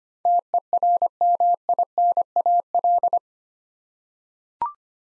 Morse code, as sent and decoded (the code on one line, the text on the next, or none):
- . .-. -- .. -. .- .-..
TERMINAL